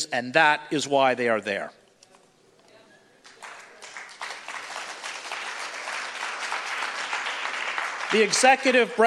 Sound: audience applause